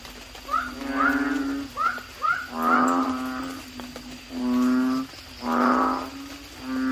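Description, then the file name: Frog chorus of deep, nasal, lowing croaks, some short and clipped, others held nearly a second, coming irregularly. "suara kodok bangkong"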